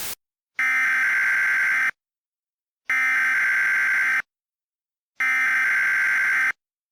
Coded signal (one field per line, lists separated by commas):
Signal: Emergency Alert System (SAME) tones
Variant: header bursts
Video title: EAS Mock 22: Greenhouse